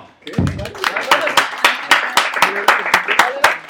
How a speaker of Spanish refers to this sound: A ver, adelante. ¡Un aplauso!